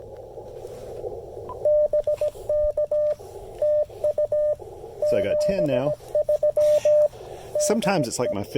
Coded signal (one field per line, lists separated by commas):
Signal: Morse code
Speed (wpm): 17 wpm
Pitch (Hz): 600 Hz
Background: speech, radio noise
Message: BK TU 73 DE